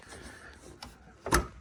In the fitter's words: you should just hear that snap into place and then you should be good to go